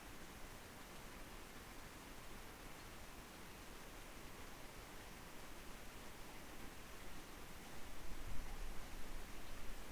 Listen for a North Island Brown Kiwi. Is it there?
no